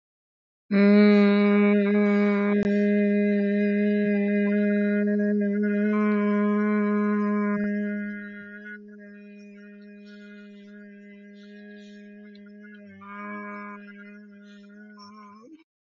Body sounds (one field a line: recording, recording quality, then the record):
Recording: sustained vowel as in boot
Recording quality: excellent, no background noise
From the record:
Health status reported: healthy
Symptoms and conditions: diabetes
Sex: female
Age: 51 years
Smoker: not ticked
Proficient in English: yes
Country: India